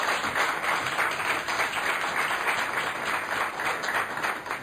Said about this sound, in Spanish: Y en este mes, en conmemoración a nuestra democracia travesti trans, con 13 años, un aplauso por nuestra democracia que recibimos nosotros.